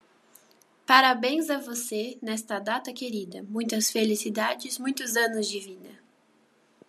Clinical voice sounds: short text; Brazilian Portuguese; female; 20 to 29 years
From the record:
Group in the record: control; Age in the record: 27 years

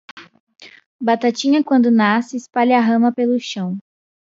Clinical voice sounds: short text; Brazilian Portuguese; female; 20 to 29 years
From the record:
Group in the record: control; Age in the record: 20 years

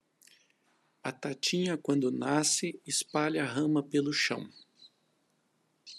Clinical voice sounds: short text; Brazilian Portuguese; male; 50 to 59 years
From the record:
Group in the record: control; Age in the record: 56 years

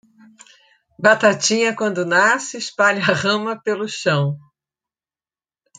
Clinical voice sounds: short text; Brazilian Portuguese; female; 60 to 69 years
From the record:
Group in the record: control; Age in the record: 67 years

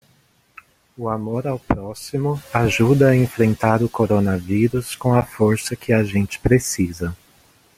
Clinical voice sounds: spoken sentence; Brazilian Portuguese; male; 20 to 29 years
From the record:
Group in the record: control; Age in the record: 28 years

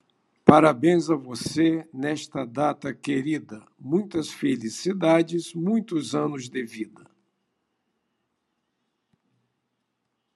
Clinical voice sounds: short text; Brazilian Portuguese; male; 70 to 79 years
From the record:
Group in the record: control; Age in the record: 70 years

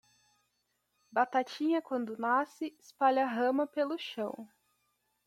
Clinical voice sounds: short text; Brazilian Portuguese; female; 20 to 29 years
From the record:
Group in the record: control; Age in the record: 20 years

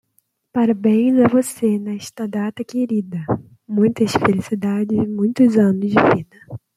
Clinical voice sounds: short text; Brazilian Portuguese; female; 20 to 29 years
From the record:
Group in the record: control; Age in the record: 28 years

